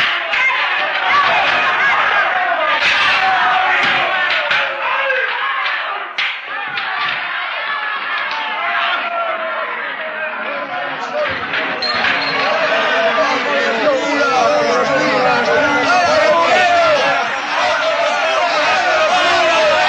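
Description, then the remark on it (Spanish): Anticlerical mobs in improvised processions shouting through a city, gathering at the Archbishop's Palace: a dense, continuous roar of many overlapping voices that stays loud and steady for the whole stretch, with occasional thuds and sharper cries rising out of the din. “Se improvisaron cortejos de gente que gritaba.”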